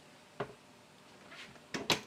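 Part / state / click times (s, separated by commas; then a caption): pull-out unit into its RV cabinet latch / seated / 1.9 s. A pull-out unit is pushed back into its cabinet in a 2020 Outdoors RV Timber Ridge 28BKS Mountain Series trailer, with a thump at 0.4 s, a soft sliding rustle near 1.4 s, and a knock at 1.75 s. The loudest hit, at 1.9 s, is the latch, and the unit is locked in place.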